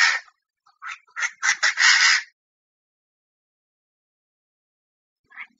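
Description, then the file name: Chinese francolin with a loud, rasping volley of clucking notes lasting two seconds, followed by silence and one faint note at the end. Female calling in Thailand. "tieng chim da da mai goi trong thai lan"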